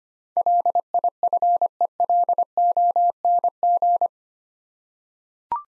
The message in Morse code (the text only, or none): LIFELONG